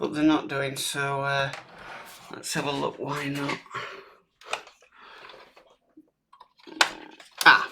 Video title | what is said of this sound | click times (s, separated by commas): Build The X-Wing Issue 83 | that one's clicked in | 6.8 s